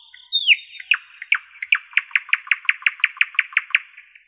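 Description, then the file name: Nightingale song: a whistled note sliding down, then a fast series of loud repeated chip notes, ending with a high thin note. "solovey"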